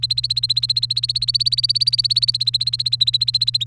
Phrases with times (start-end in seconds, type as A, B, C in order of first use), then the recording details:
0.00-3.64 A. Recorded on 30 April 2018 at 15:34. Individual llb3